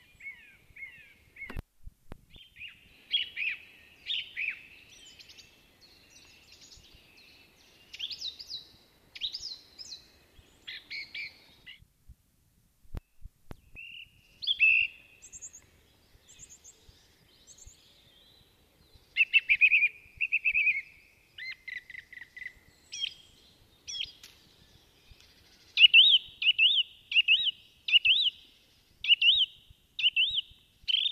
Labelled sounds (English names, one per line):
Song Thrush song